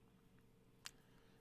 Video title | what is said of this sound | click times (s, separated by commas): Anet ET4 3d Printer unboxing setup and 1st print - 2020 - | it's basically going to slide into this little opening here and you'll hear it click in when it is properly inserted because there are two flanges on each side that click and hold it in place | 0.9 s